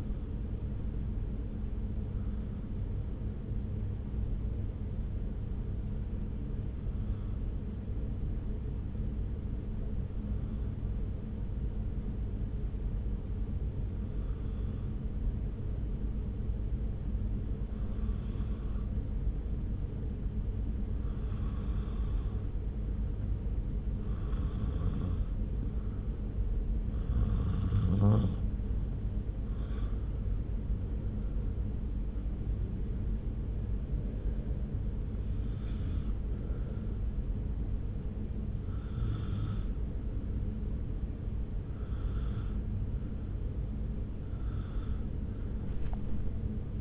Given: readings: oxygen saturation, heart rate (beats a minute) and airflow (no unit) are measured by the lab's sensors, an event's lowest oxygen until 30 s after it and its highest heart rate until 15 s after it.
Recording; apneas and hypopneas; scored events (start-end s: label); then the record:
breathing in sleep by a smartphone at the bedside; 1
11.00-29.60 s: hypopnea (N1, oxygen 95% highest, then 88% lowest)
15.00-46.81 s: new sleep stage, N2 (light sleep)
From the record:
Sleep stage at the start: N1 (lightest sleep); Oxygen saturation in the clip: 88 to 95%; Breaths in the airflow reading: 15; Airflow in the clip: -1.3 to 2.3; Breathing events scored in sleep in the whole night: 335 in 6.7 hours asleep